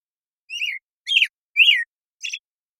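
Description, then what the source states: American Robin song: four clear whistled phrases in quick succession, slurred downward notes alternating with a higher, richer phrase, ending with a short thin note. Morning song in a very long sequence, Pacific Northwest, Washington, United States; parabolic microphone recording, processed clean for clarity with natural pacing and rhythm kept.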